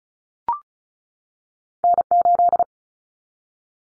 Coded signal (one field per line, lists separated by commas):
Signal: Morse code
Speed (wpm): 34 wpm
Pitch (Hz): 700 Hz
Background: none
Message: N8